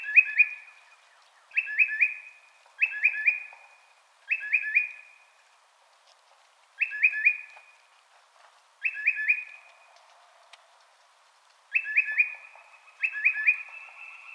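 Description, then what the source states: Tufted titmouse giving several whistled phrases, each a few quick down-slurred notes running into a level tone, repeated every one to three seconds. Recorded on 24 March 2007.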